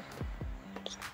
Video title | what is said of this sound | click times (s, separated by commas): Cara Ganti casing(case)MacBook Pro 15” | bisa terdengar suara klik itu berarti udah terkunci ini | 0.9 s